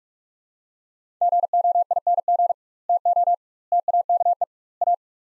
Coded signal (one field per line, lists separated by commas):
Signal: Morse code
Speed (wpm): 42 wpm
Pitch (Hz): 700 Hz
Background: none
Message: GOING TO TAKE A